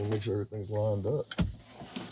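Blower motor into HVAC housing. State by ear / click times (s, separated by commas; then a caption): seated / 2.0 s. Someone talks while a truck HVAC blower motor assembly is lined up and pushed into its housing. It clicks into place at 2.0 s, and the motor is seated and no longer moves.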